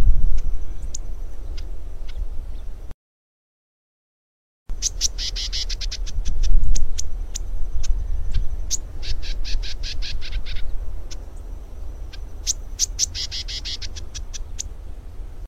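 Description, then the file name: Lesser grass-finch singing fast bursts of sharp, buzzy high clicks, pausing briefly and resuming, with a faint sustained high whine and low rumble throughout. "canto do canario do brejo"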